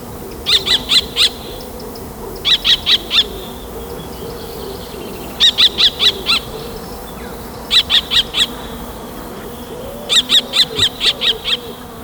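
Kestrel repeating bursts of several shrill, rapid notes every two to three seconds, with quiet background between bursts.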